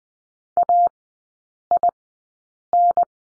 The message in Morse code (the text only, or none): AIN